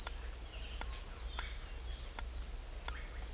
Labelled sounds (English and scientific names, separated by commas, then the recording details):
none
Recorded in secondary vegetation near Puerto Asís, Putumayo, Colombia, on 21 December 2024 at 15:30
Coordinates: 0.488, -76.319
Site GP04